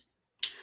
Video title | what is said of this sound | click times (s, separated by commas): Briximus's Transformers 78th Livestream Unboxing & Channel Updates | still feels a little loose on him but I mean at least it snaps in like it makes a satisfying clicking noise for when you know it's in | 0.4 s